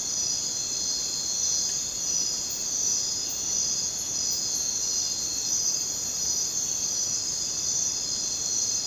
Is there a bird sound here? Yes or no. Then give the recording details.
no. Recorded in dense forest near Puerto Asís, Putumayo, Colombia, on 19 June 2025 at 23:00. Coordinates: 0.484, -76.317. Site G045